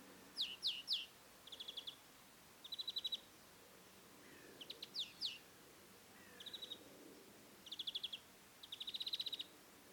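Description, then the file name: European greenfinch giving short rapid trilled bursts of ticking notes, roughly every second or two, mixed with sharp descending chirps and a couple of faint lower notes. "Chloris chloris"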